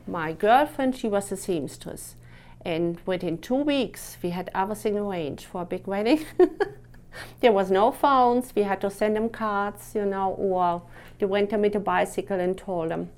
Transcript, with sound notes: My girlfriend, she was a seamstress, and within two weeks we had everything arranged for a big wedding. ( she laughs ) There was no phones. We had to send them cards, you know, or we went with the bicycle and told them.